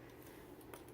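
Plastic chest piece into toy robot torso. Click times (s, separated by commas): 0.7 s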